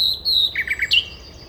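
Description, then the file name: Common nightingale song fragment: a high steady whistle, a few lower chirped notes, then a bright downslurred note. "Luscinia megarhynchos"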